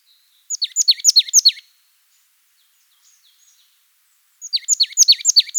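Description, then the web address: Marsh tit song: a rapid rattle of high, bright, hooked notes repeated several times, a pause, then the same phrase again. "birdify. parus palustris"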